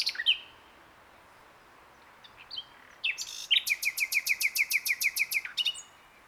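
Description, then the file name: Common nightingale song ending in a long, fast, evenly repeated series of loud, sharp chipping notes, preceded by a few scattered notes. "Luscinia megarhynchos"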